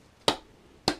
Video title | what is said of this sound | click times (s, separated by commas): 9éme tuto vidange rock shox pike | tac tac vous indiquer que c'est bien rentré | 0.3 s, 0.9 s